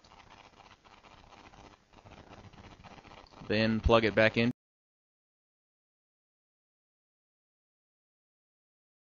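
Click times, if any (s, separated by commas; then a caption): none. The new motor assembly's power plug from a Broan 690 bath fan upgrade kit is being pushed toward the receptacle inside the fan housing. Faint handling rustle and small ticks are heard over the first three seconds, then someone talks briefly, followed by silence. The plug is handled but nothing has seated or clicked yet.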